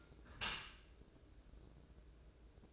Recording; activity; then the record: daily activity, microphone in the room; close dishwasher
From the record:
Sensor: 2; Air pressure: 1012.2 hPa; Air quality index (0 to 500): 142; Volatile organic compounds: 2 ppm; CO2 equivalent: 1042 ppm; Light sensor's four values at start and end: 291/713/289/294 and 292/716/290/295